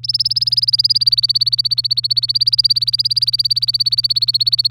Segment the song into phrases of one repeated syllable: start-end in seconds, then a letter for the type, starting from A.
0.03-4.71 A